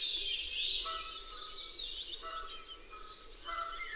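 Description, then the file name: Canada goose calls: short nasal honks at irregular intervals under a dense wash of high twittering and chattering from other birds. Several Canada geese recorded at Dwingelderveld. "Canadese ganzen op Dwingelder Veld - luc de bruijn"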